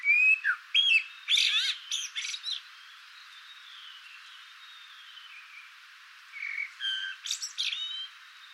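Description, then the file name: Eurasian blackbird song: a few whistled notes and bursts of high, scratchy twitter, a pause, then another whistled phrase with squeaky ending. "Turdus merula"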